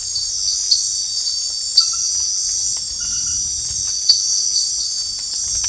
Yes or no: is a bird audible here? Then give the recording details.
no. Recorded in secondary vegetation near Puerto Asís, Putumayo, Colombia, on 19 March 2025 at 21:30. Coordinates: 0.499, -76.323. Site G094